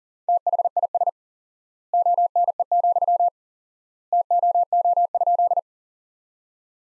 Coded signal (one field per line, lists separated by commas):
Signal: Morse code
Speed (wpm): 40 wpm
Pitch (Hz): 700 Hz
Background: none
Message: THIS ONE, TOO?